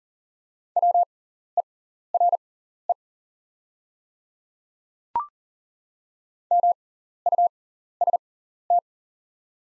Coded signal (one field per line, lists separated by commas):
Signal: Morse code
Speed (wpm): 40 wpm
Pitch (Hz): 700 Hz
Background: none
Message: WERE MUST